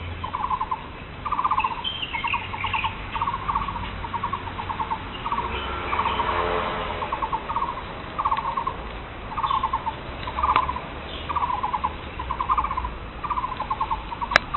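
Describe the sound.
A bird gives short chattering bursts of rapid notes, repeated roughly every second, over a steady low rumble.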